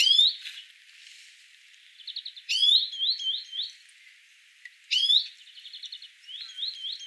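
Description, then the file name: European greenfinch calls: bright chirps, each followed by a run of twittering notes and short pulsed trills, in three bursts. "Chloris chloris"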